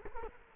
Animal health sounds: mosquito wingbeat signal from an infrared sensor; Culex quinquefasciatus

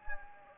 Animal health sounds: mosquito wingbeat signal from an infrared sensor; Anopheles gambiae

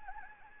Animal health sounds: mosquito wingbeat signal from an infrared sensor; Anopheles gambiae

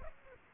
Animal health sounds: mosquito wingbeat signal from an infrared sensor; Aedes aegypti

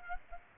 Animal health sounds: mosquito wingbeat signal from an infrared sensor; Aedes aegypti

